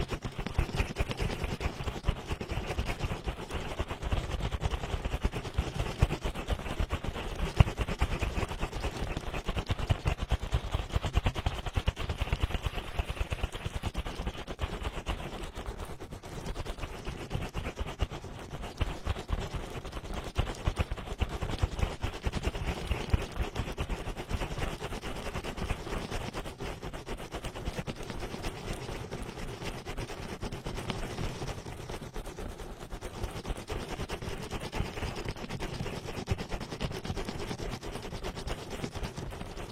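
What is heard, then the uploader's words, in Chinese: Vigorous oily rubbing right against the ear, a dense, rapid crackle of slick, squelching strokes with a heavy low rumble throughout. 暴力精油搓耳！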